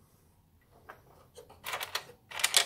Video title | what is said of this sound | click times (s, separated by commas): LES RANCHO JOUSTRA | tout vient se clipser. | 2.4 s, 2.6 s